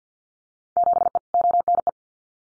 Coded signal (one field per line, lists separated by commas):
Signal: Morse code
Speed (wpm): 50 wpm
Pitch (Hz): 700 Hz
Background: none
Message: 7E ONE